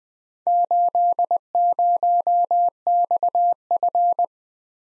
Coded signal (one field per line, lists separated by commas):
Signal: Morse code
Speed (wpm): 20 wpm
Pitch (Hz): 700 Hz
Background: none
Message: 80XF